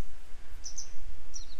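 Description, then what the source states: Grey wagtail calling with high sharp chips, a pair in the middle and a further couple near the end, steady low rumble behind. A pair, still searching for their young today; follow-up report.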